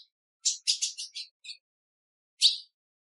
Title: PIADO DE AZULÃ O FÊ MEA Esquenta Qualquer Azulão!. Fêmea Azulão pedindo gala macheando